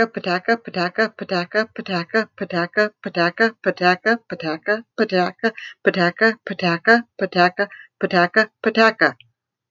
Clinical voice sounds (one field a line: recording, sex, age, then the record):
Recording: repeated syllables /pa ta ka/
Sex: female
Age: 40 to 49 years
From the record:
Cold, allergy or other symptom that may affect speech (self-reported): no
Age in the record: 43 years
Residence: New Jersey, United States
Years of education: 12